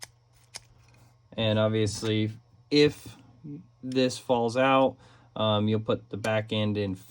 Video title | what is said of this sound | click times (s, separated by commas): Glock 44 Firing pin Problem! Must Watch! | push it all the way up you'll hear a little snap that means it's in place | 0.6 s